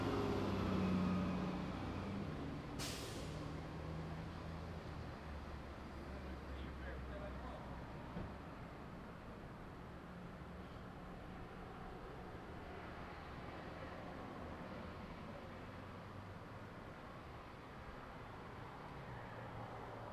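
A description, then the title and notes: Vehicles idle and move around a gas station, with a deep engine rumble filling the low end throughout. A loud engine drone and a sharp hiss near three seconds stand out early, then the scene settles into a steady, busy hum with faint voices. CITGO Gas Station. Standing by a gas pump at the CITGO on Plaza and Parkwood.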